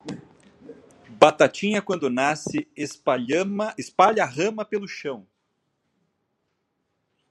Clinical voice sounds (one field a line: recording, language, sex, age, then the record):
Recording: short text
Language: Brazilian Portuguese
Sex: male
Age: 50 to 59 years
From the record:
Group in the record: control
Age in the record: 53 years